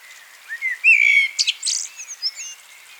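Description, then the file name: Common blackbird calls: a rising note, then a louder whistled note and a flurry of thin whistled and chattering sounds, over a steady faint background hiss. "Turdus merula"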